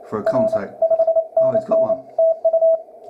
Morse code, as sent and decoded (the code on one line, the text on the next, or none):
.-. / ..... -. -. / - ..-
R 5NN TU